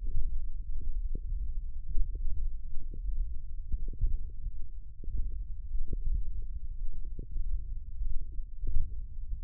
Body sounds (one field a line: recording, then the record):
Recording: forearm muscle sounds (acoustic myography)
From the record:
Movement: hook grip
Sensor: system 1, eight BSWA MPA416 microphones around the upper forearm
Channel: 6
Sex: female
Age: 22 years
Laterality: right